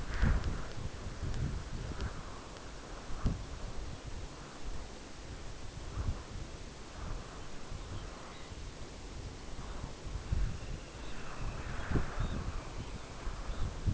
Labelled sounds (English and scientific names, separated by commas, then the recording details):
unidentified sound, Dunlin (Calidris alpina)
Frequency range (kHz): Dunlin (Calidris alpina) 1.6-3.5 kHz
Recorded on Arctic tundra, site UTQI-5, on 14 June 2019
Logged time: 04:00